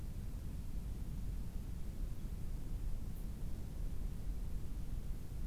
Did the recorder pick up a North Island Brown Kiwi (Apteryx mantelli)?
no